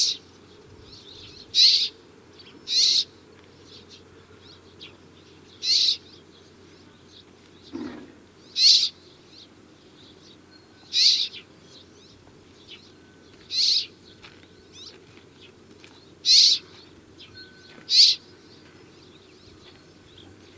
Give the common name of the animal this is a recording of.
Rock Sparrow